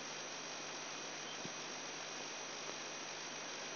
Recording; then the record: brain microelectrode recording played as sound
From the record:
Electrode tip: outside the subthalamic nucleus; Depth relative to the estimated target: -6 mm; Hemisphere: right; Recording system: AlphaMap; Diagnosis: Parkinson's disease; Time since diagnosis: 10 years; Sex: male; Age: 58 years